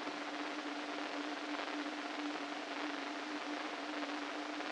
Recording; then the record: brain microelectrode recording played as sound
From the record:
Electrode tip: inside the subthalamic nucleus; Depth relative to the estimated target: -3 mm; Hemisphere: right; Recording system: NeuroSet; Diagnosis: Parkinson's disease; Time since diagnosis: 13 years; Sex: male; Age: 49 years